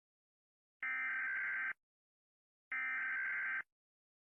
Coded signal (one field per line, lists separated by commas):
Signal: Emergency Alert System (SAME) tones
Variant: header bursts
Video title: rating EAS alarms (sound warning)